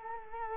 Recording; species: mosquito wingbeat signal from an infrared sensor; Culex quinquefasciatus